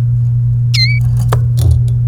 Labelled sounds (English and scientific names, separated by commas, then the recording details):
Domestic Canary (Serinus canaria) song
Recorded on 29 April 2018 at 17:05
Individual llb3